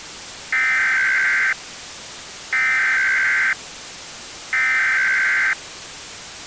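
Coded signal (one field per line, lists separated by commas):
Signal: Emergency Alert System (SAME) tones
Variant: header bursts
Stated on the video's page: Fictional EAS scenario of a Seattle blizzard, simulated alert with valid tones.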